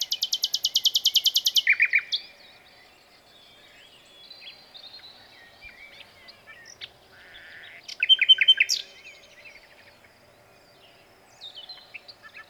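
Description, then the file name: Common nightingale song opening with a fast, high rattling trill that drops to lower notes, quiet twitters, then a loud stuttering burst of chirps. "Luscinia megarhynchos"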